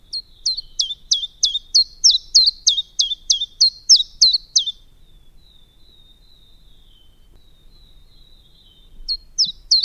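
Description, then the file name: Common chiffchaff song: a run of about fourteen sharp, downward-swooping notes at a steady, quick pace, then a long silent pause before the next phrase begins. "Golosa ptic i zverei - Penochka-tenkovka"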